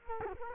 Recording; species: mosquito wingbeat signal from an infrared sensor; Culex quinquefasciatus